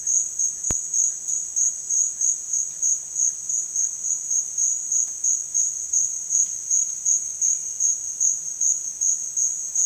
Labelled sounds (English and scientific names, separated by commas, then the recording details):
none
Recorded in dense forest near Puerto Asís, Putumayo, Colombia, on 19 June 2025 at 13:30
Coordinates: 0.466, -76.327
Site GP04